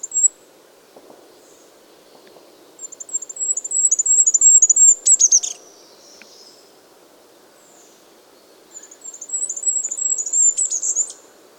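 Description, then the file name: Goldcrest singing two phrases several seconds apart, each a rapid string of extremely high, thin notes, the first closing with a brief twittering flourish. "Regolo"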